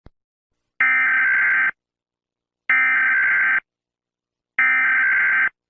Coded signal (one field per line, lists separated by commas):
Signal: Emergency Alert System (SAME) tones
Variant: header bursts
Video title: EF-7 tornado | eas scenario ￼